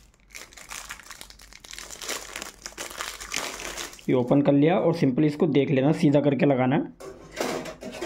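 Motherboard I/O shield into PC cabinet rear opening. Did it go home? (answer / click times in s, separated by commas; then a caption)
no / none. A rear I/O shield that came with a motherboard is taken out of its packaging and lined up with the PC cabinet's rear opening, with crinkling and crackling for the first four seconds and sharp snaps around 2.3–3.4 s. Someone then talks from about 4.1 s. The shield has not been pressed in, and nothing has seated or clicked yet.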